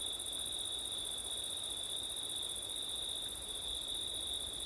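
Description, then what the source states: Cricket song as a continuous, high trill with a fainter, higher-pitched layer. Crickets on a September night, with wind.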